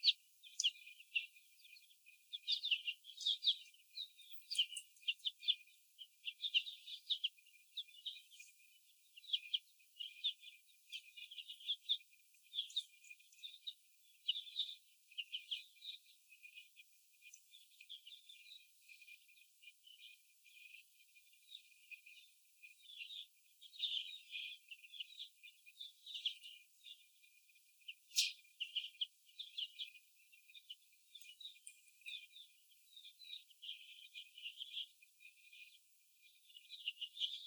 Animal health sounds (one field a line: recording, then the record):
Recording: young laying hens in a cage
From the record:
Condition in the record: before the stressor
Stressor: sudden umbrella opening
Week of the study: 2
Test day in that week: 1